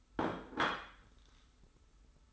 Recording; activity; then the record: daily activity, microphone in the room; place plate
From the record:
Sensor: 3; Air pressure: 990.8 hPa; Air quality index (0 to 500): 145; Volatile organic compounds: 361 ppm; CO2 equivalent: 4605 ppm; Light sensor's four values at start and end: 39/92/37/35 and 39/93/37/35